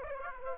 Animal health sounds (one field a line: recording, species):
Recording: mosquito wingbeat signal from an infrared sensor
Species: Aedes aegypti